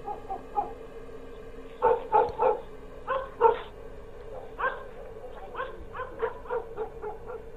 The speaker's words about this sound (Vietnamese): Đâu đó ở bên đầu làng xa xa, tiếng chó cắn ma cứ ong ổng, nghe đến não hết cả lòng.